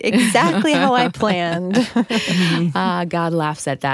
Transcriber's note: laughter